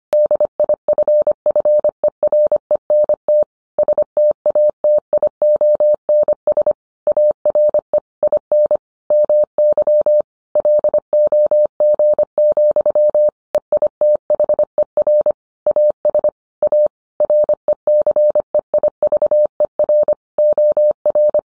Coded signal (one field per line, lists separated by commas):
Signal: Morse code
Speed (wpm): 25 wpm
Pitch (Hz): 600 Hz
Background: none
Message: DIFFERENT STATIONS ARE IN MY LOG, EITHER AS A RECEIVER OR